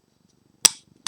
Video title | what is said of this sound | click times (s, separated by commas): LEGO Live Construction : Nexo Knights' Clay's Rumble Blade (2/2) [Français] | et bien je le mets à ce niveau donc comme d'avoir ça s'enclenche pile poil comme il faut avec | 0.6 s